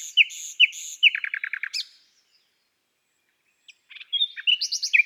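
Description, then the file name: Common nightingale song: a few loud whistled notes, a quick trill, silence, then a new phrase of varied rich notes. "Rossignol philomele Chants doiseaux des bois et des forets"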